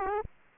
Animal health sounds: mosquito wingbeat signal from an infrared sensor; Aedes aegypti

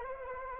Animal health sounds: mosquito wingbeat signal from an infrared sensor; Anopheles arabiensis

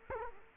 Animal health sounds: mosquito wingbeat signal from an infrared sensor; Culex quinquefasciatus

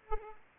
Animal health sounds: mosquito wingbeat signal from an infrared sensor; Culex pipiens

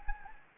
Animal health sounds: mosquito wingbeat signal from an infrared sensor; Anopheles gambiae

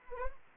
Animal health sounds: mosquito wingbeat signal from an infrared sensor; Anopheles arabiensis

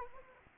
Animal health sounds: mosquito wingbeat signal from an infrared sensor; Anopheles arabiensis

